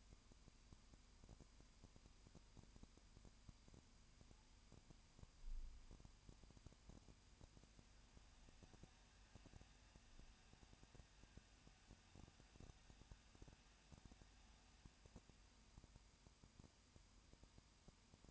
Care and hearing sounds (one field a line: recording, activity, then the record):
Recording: daily activity, microphone in the room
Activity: no activity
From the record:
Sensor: 2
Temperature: 20.8 degrees Celsius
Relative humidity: 38.3%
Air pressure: 1010.4 hPa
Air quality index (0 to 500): 200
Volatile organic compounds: 19 ppm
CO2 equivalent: 2641 ppm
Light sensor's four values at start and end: 2/3/2/2 and 2/3/2/2